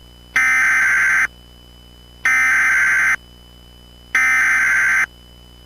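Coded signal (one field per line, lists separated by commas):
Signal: Emergency Alert System (SAME) tones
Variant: header bursts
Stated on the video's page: Remade mock Winter Storm Warning alert for Outagamie County, Wisconsin, using valid EAS tones.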